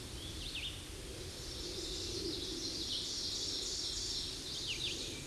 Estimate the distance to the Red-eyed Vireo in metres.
about 30 m